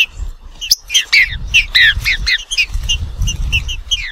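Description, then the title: Green-winged saltator song: quick bursts of bright, slurred whistled notes tumbling in fast succession, with a low rumbling background underneath. Trinca-ferro of the Nicão song style, recorded in the wild in the bush, singing in a contest with a free-living bird. "Trinca Ferro NICÃ O No Mato Disputando Com Solto"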